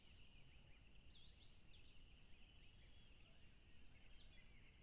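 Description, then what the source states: Crickets buzz in an unbroken, high, even chorus, with a few scattered faint chirps and a low rumbling background. Crickets at a tropical river, with a plane passing.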